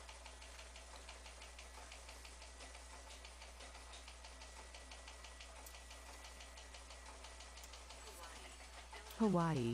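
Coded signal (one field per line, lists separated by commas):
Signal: FT8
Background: speech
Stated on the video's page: FT8 QRP contact from an IC7300 at 5 watts into a Delta Loop antenna.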